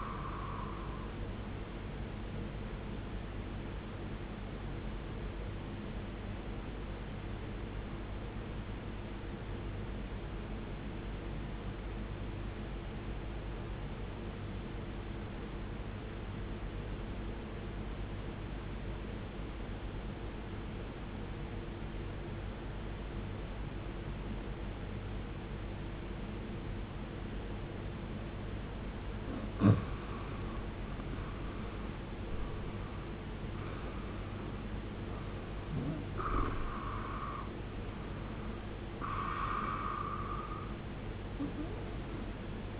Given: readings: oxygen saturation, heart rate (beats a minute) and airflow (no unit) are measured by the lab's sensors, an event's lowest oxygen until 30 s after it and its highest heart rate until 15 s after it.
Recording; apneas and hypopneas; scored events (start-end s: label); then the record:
breathing in sleep by a voice recorder at the bedside; 1
9.00-30.70 s: obstructive apnea (N1, oxygen 95% highest, then 89% lowest, heart rate 50 at the start, 75 highest)
From the record:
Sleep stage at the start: N1 (lightest sleep); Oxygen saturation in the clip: 89 to 95%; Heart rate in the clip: 50 to 75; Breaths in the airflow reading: 5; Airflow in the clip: -14.9 to 17.2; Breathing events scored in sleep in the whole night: 389 in 6.3 hours asleep